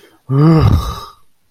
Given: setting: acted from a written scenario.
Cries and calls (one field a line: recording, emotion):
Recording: vocal sound without words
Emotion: embarrassment